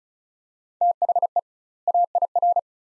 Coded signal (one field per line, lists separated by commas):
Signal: Morse code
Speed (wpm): 34 wpm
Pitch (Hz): 700 Hz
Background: none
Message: THE AIR